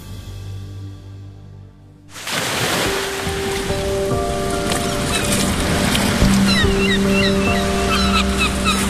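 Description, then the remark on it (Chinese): Steady, roaring surf washes in on the sea beside the British Superintendent of Trade's office in Macau after a brief low hum and carries on loudly without pause, with faint high chirps of a flock of circling seabirds flickering over the rush of breaking waves. “英国驻澳门商务监督署与大海只有一箭之遥。”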